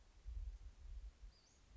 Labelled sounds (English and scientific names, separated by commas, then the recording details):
Western Flycatcher (Empidonax difficilis)
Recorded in Sonoma County, California